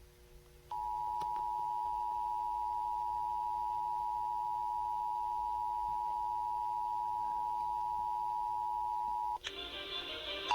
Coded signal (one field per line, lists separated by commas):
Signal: Emergency Alert System (SAME) tones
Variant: 853 and 960 Hz attention tone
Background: music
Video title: Tornadoes, Squall lines and Monthly Tests 2 Day EAS Timeline Northwest Minnesota and the Dakotas